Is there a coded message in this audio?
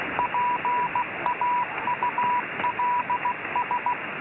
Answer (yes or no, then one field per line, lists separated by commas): yes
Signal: Morse code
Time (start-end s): 0.2-3.9 s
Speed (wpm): 16 wpm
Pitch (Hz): 980 Hz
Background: radio noise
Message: PAULS